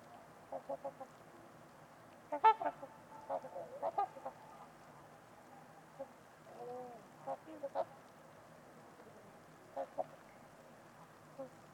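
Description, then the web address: Trumpeter swan honking calls, scattered nasal trumpeting notes at intervals, a short burst of several honks early on, over a low steady background hiss. Trumpeter swans at Winters Lake on a winter evening, in a deep, quiet valley with distant white noise. "Trumpeter Swans on a Winter's Eve. Nick-Mc Mahan Winters-Lake-with-Swan. Wind Is the Original Radio"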